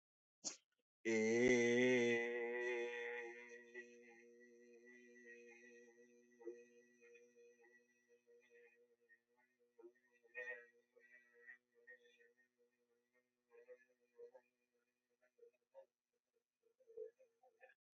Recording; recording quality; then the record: sustained vowel as in made; excellent, no background noise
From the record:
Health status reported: healthy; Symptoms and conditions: sore throat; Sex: male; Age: 27 years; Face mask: not worn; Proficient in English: yes